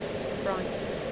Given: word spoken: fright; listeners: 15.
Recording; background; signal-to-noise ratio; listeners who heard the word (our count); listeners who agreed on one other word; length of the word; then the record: one English word in noise, from a listening test; speech-shaped noise; -4.3 dB; 7 of 15; 6 of 15; 0.72 s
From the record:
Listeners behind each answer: 7, 6, 1, 1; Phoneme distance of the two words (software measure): 10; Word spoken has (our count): 1 syllable, 4 phonemes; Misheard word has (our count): 1 syllable, 4 phonemes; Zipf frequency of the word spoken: 3.55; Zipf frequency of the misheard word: 4.82